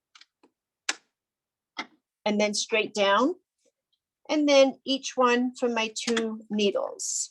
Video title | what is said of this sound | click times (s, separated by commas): Babylock Serger Basics | you'll hear it snap into place i'm going to stop talking so you can hear it | 0.9 s